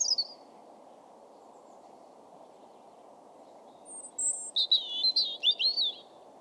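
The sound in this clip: European robin song: a short high note, then a pause, then a quick string of thin whistles and wavering twitters rising and falling, with a low constant hum beneath.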